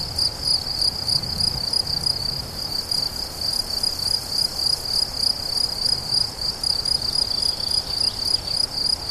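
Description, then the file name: Cricket chorus of high, pulsed chirps repeated steadily, roughly three and a half per second, over a soft low background hum. Several crickets recorded 17 July 2013 at La Fortiche, with an MZ-N710 recorder. "grillons la fortiche 17 07 13"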